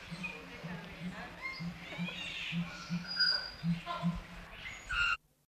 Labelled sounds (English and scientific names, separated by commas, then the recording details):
Southern Crowned-Pigeon (Goura scheepmakeri) call
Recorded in captivity
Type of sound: call
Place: Zoo London, GB
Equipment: Halbspur, 9,5 cm/s
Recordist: Lütgens, Hans
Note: Rufe